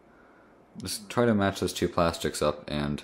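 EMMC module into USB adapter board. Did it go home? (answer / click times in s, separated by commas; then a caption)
no / none. A small eMMC storage module is being lined up with a plastic USB adapter, ready to press onto its connector, while someone talks. Low background hum opens the clip, then speech begins at about 0.8 s and runs to the end. The module has not seated or clicked into the adapter yet.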